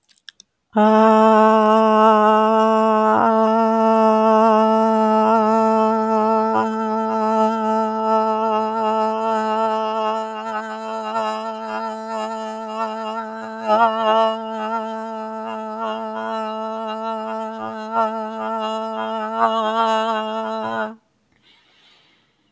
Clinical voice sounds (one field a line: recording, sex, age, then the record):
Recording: vowel held as long as possible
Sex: female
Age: 60 to 69 years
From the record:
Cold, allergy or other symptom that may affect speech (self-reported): no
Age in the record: 62 years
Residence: United States